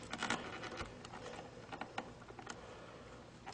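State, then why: Not seated. A plastic retaining clip is handled over a car side-mirror light housing after the LED wires have been pushed aside, ready to be slipped back over and pressed gently into place. Light scratchy rubbing and patter of plastic handling are heard, with a few small ticks near the start and one sharper tick around 2.0 s. Nothing has seated or clicked yet.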